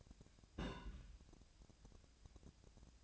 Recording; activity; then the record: daily activity, microphone in the room; place on stove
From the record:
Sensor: 2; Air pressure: 999.8 hPa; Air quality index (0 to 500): 120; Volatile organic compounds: 2 ppm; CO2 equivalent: 1031 ppm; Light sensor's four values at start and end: 33/82/36/40 and 33/82/36/40